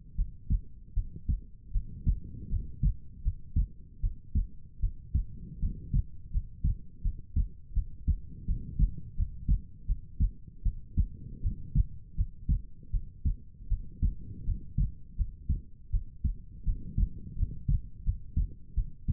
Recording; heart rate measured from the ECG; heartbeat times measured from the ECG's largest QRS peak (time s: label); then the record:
heart sounds by stethoscope; 81 bpm
0.15 s: heartbeat
0.93 s: heartbeat
1.71 s: heartbeat
2.49 s: heartbeat
3.22 s: heartbeat
4.00 s: heartbeat
4.80 s: heartbeat
5.59 s: heartbeat
6.31 s: heartbeat
7.02 s: heartbeat
7.73 s: heartbeat
8.45 s: heartbeat
9.15 s: heartbeat
9.86 s: heartbeat
10.62 s: heartbeat
11.41 s: heartbeat
12.15 s: heartbeat
12.90 s: heartbeat
13.68 s: heartbeat
14.44 s: heartbeat
15.16 s: heartbeat
15.90 s: heartbeat
16.64 s: heartbeat
17.35 s: heartbeat
18.03 s: heartbeat
18.74 s: heartbeat
From the record:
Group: healthy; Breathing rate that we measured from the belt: 21 breaths a minute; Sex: female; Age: 19 years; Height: 163 cm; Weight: 48.9 kg